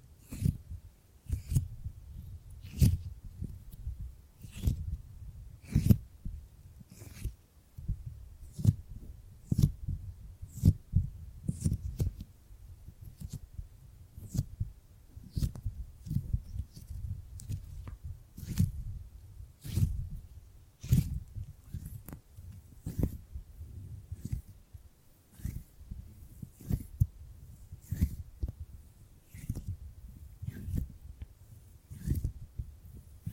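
Gripping and grabbing sounds, a steady run of low thuds and muffled rustles with sharp clicky snaps on top, roughly one or two every second for the whole half minute. The handling never really stops, and the snaps vary in strength.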